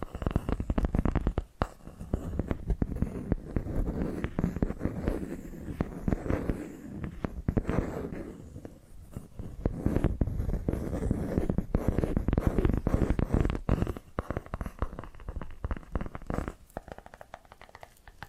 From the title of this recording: Tapping and Scratching Sounds